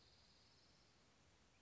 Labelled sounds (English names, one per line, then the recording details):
Dark-eyed Junco
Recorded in Sonoma County, California